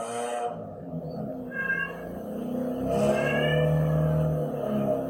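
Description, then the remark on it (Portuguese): A cat gives a couple of drawn-out, wavering meows that rise and fall in pitch, set over a steady low rumble like an idling engine. No one speaks. “Tem um gato.”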